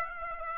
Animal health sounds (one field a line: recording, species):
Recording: mosquito wingbeat signal from an infrared sensor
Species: Aedes aegypti